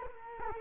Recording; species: mosquito wingbeat signal from an infrared sensor; Culex quinquefasciatus